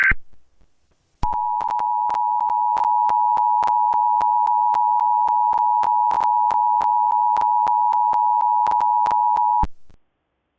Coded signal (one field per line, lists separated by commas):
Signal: Emergency Alert System (SAME) tones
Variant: 853 and 960 Hz attention tone